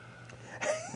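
A brief breathy exhalation with a faint musical whistle, a wheeze.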